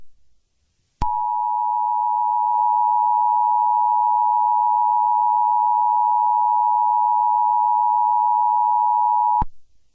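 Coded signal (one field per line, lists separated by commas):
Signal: Emergency Alert System (SAME) tones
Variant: 853 and 960 Hz attention tone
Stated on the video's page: Fictional EAS scenario retelling a game in emergency alert broadcasts.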